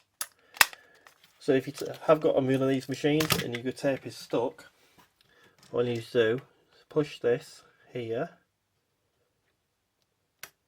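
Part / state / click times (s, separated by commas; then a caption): mechanism release lever in cassette deck transport / seated / 10.4 s. Someone talks while pushing a small plastic and metal release lever on the transport mechanism of a Sony TCK511S cassette tape deck to free a stuck tape. A couple of short sharp ticks sound near the start, then after the talking stops, a single sharp click at 10.4 s marks the lever clicking into position.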